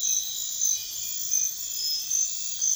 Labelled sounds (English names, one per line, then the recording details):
none
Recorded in pastures near Puerto Asís, Putumayo, Colombia, on 28 February 2025 at 03:30
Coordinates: 0.502, -76.324
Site GP07